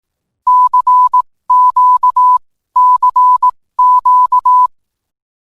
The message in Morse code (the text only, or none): CQCQ